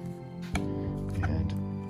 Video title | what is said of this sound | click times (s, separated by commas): Episode 7. Building The Best Diesel Engine Ever Made! | make sure it clicks perfect and next one | 0.6 s